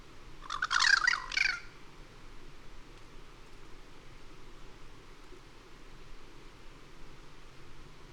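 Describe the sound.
Bird giving a single short burst of harsh, scratchy chattering near the start, then only low background noise for several seconds.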